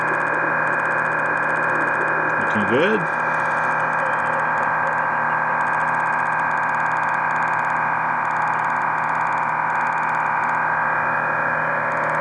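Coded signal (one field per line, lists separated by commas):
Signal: MT63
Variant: MT63-2000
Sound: continuous dense hissing, warbling block of many tones throughout, with a brief wobbling interfering tone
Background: brief warbling interference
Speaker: i am ready to receive all right transmitting in three two one okay here we go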